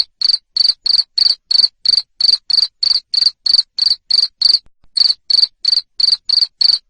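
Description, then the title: Cricket producing sharp, buzzy chirps in a quick regular rhythm, close to three per second, with one short break. Loud cricket chirping used to stimulate lovebirds to sing (ngekek) continuously. "Suara JANGKRIK NGERIK Keras Bikin LOVEBIRD Jadi NGEKEK Terus Vubey"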